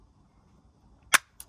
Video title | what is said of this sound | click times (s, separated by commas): Exclu : Le tuto d'installation de l'écran rotatif sur la Tesla Model 3 | Et donc quand c'est clipsé, | 1.4 s